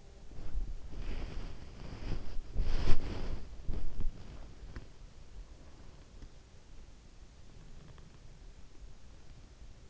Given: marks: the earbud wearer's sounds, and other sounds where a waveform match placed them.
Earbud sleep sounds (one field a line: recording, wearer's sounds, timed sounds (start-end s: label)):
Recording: sounds in sleep by an in-ear microphone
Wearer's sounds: body movement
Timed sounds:
0.00-5.40 s: body movement